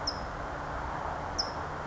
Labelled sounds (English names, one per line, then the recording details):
California Towhee
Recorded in Sonoma County, California